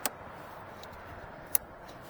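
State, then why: Seated. On a Chevy Silverado, after the air filter housing boot is refitted and its clamp snugged, the sensor's wiring connector is pushed onto the sensor on the engine air intake. A short tick sounds near the start, then a sharp, bright click at 1.6 s as the connector seats, before the red locking tab is pushed in. The connector clicks in and is seated.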